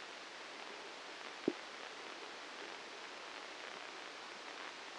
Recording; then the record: brain microelectrode recording played as sound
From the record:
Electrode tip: outside the subthalamic nucleus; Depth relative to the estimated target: -3 mm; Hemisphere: left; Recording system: NeuroSet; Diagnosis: Parkinson's disease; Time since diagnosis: 9 years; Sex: male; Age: 56 years